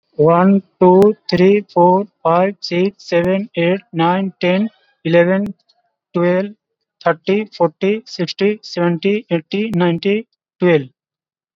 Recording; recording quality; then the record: counting at a fast pace; moderate, slight background noise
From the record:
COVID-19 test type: RT-PCR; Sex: male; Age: 29 years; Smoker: no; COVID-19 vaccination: both doses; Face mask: worn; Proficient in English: yes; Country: India